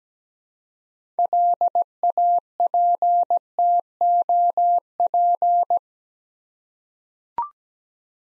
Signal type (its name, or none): Morse code